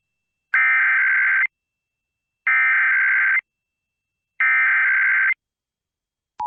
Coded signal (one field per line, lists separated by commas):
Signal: Emergency Alert System (SAME) tones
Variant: header bursts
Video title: EAS Required Monthly Test Minnesota Statewide Test +WeatherSTAR4000 (KDAL, KOWZ, KWNG)